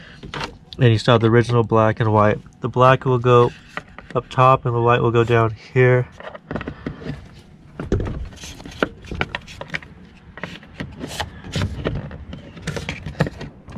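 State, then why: Seated. Someone talks while the black and white plastic wiring connectors from a tow mirror are pushed into the original harness plugs inside the door of a 2014 Ram 1500. After some handling noise, sharp snaps are heard at about 9.2 s and 13.2 s. Both connectors are seated.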